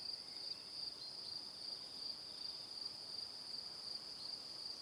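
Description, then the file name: Crickets chirp in a high, rhythmic pulsing trill that never stops across the few seconds, with faint background hiss. Crickets recorded in the evening. "Calm - Evening Crickets"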